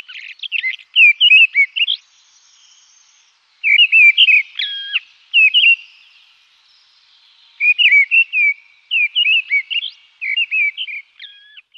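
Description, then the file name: Mistle thrush singing short loud fluted phrases, each a cluster of whistled notes, separated by pauses of one to two seconds. "tordella"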